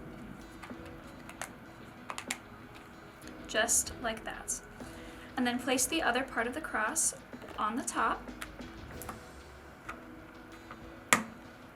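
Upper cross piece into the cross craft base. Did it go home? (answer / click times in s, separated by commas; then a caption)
yes / 11.1 s. The top piece of a cross craft is placed onto the assembled base pieces and pressed until it snaps in, seated. Someone talks over faint handling taps, then a loud sharp click at 11.1 s marks the upper cross piece clicking into place.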